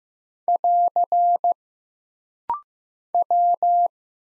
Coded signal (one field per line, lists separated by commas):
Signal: Morse code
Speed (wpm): 15 wpm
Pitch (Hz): 700 Hz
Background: none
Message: <AR> W